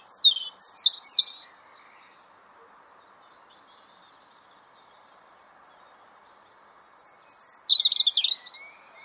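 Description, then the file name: European robin song: a brief burst of high, thin warbled notes, then about five seconds of near silence before another sweet, tumbling high phrase. "Erithacus rubecula"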